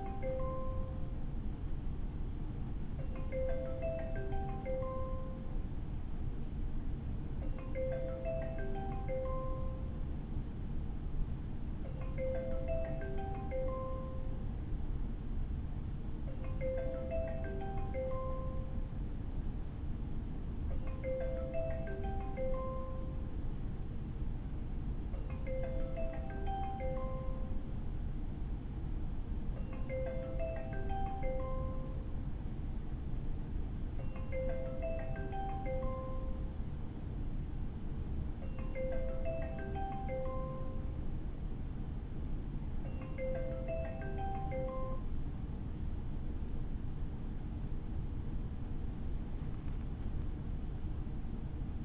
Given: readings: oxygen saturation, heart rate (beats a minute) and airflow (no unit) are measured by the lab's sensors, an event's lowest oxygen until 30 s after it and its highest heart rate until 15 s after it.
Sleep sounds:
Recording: a person awake in a sleep study, by a smartphone at the bedside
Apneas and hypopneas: none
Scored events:
0.00-51.85 s: awake
From the record:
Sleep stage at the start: awake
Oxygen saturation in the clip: 94 to 95%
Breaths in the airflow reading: 18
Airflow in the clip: -7.1 to 6.3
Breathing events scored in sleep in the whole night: 216 in 7.0 hours asleep

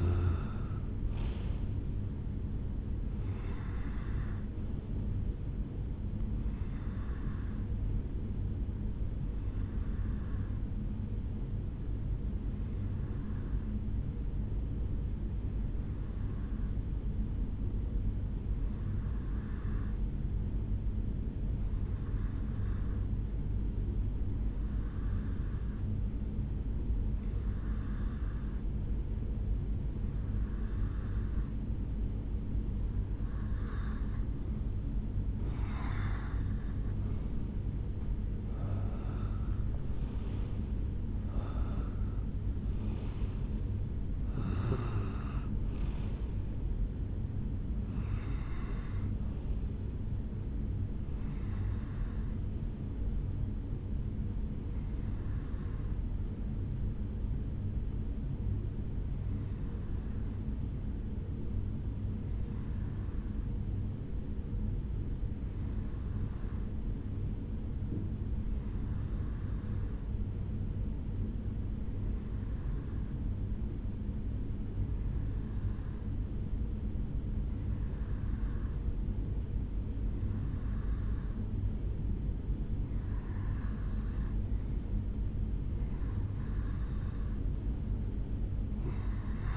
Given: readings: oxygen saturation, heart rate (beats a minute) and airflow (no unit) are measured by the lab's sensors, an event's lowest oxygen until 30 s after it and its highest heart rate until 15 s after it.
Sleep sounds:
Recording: breathing in sleep by a smartphone at the bedside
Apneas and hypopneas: 2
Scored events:
11.00-35.80 s: hypopnea (N2, oxygen 95% highest, then 90% lowest, heart rate 63 at the start, 80 highest)
39.00-69.00 s: new sleep stage, N1 (lightest sleep)
57.00-85.30 s: hypopnea (N1, oxygen 96% highest, then 90% lowest, heart rate 61 at the start, 77 highest)
69.00-89.57 s: new sleep stage, N2 (light sleep)
From the record:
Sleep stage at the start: N2 (light sleep)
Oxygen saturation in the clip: 90 to 96%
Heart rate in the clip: 57 to 80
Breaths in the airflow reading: 24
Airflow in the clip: -10.4 to 6.2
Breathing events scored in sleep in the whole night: 449 in 7.0 hours asleep

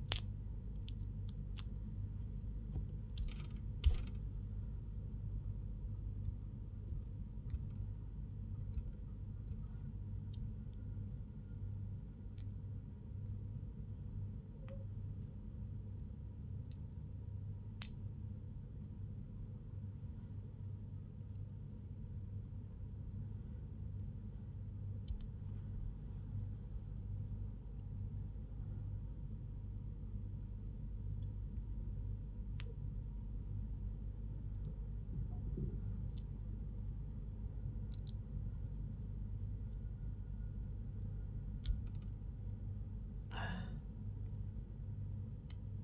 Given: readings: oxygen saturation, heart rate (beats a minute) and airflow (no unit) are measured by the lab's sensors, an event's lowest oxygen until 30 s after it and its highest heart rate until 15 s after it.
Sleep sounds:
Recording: a person awake in a sleep study, by a smartphone at the bedside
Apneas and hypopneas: none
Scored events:
none scored
From the record:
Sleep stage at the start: awake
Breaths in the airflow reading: 14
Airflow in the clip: -0.7 to 0.7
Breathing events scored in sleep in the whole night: 158 in 7.3 hours asleep

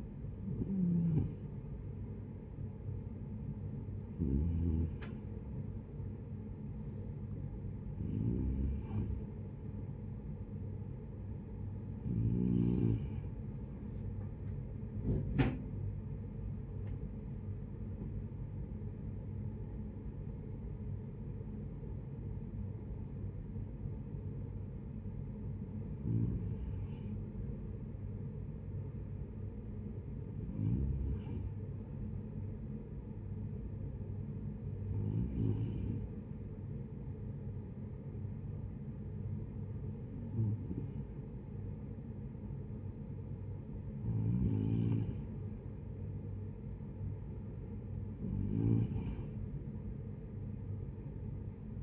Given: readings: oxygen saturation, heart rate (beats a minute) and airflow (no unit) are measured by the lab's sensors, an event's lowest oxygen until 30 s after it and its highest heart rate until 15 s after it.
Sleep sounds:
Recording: breathing in sleep by a smartphone at the bedside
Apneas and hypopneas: none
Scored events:
21.00-51.83 s: new sleep stage, N1 (lightest sleep)
From the record:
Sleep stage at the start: N2 (light sleep)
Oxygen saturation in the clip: 92 to 93%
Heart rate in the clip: 69 to 75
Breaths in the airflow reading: 12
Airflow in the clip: -9.1 to 7.5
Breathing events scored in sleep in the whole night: 496 in 5.4 hours asleep

